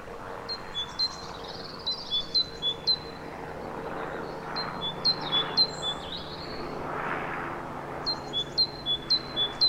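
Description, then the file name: Great tit giving bursts of see-saw two-note phrases, high then lower, in several runs, over a low rumbling background with passing swells of noise. "Parus major"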